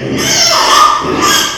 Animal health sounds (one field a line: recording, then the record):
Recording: squeal of a Yucatan mini pig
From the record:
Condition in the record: before surgery on the right vocal fold (resection and tissue-engineered implant)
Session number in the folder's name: 2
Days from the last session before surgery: 0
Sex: male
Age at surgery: 12 weeks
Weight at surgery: 13 kg